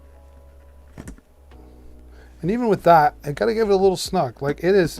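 The release tabs of a plastic clip-on camera mount are squeezed to take the camera out, giving a sharp click at 1.1 s as the camera is released. Quieter handling ticks follow before someone talks.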